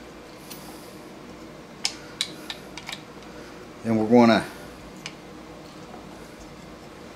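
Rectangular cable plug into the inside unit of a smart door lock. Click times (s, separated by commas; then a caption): 1.9 s. The rectangular wiring-harness plug from the outside unit of a Tilvision fingerprint door lock is pushed into its socket on the lock's inside unit, and a sharp click at 1.9 s shows it has seated. Fainter taps follow at about 2.2, 2.5, 2.8 and 2.9 s, someone talks briefly around 4 s, and a last light tap comes at 5.1 s over a low steady hum.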